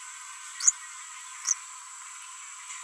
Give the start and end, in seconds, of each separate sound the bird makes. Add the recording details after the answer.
0.60-0.86, 1.48-1.72. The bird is a female. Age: 22 days. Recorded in a nest box in Venezuela. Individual 17B42B3